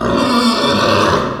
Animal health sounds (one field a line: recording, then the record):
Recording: squeal of a Yucatan mini pig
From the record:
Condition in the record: after surgery on the right vocal fold (resection and tissue-engineered implant)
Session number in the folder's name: 15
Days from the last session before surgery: 175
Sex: female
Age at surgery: 19 weeks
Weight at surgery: 25 kg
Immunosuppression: prednisolone